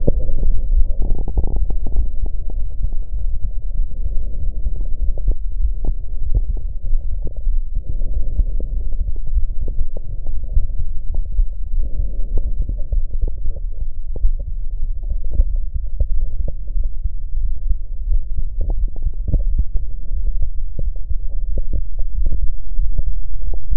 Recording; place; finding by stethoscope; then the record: heart sounds by stethoscope; aortic valve (AV); normal heart sounds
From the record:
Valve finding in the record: normal valve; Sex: female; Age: 40 years